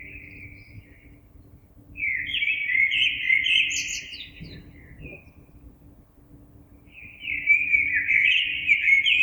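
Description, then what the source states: Common blackbird song: melodious, flowing whistled phrases with a brief high twitter, a short silence, then another rich warbled verse. Recorded on 26 April 2022.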